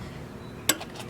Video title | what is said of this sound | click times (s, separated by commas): How to Properly Install a Rear Facing Convertible Car Seat - Hickory Fire Department | you'll hear that it clicks so that's your indicator of that it is in properly | 0.7 s